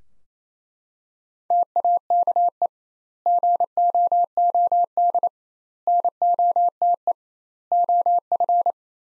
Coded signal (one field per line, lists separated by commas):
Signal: Morse code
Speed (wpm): 28 wpm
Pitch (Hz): 700 Hz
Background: none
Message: TAKE GOOD NOTE OF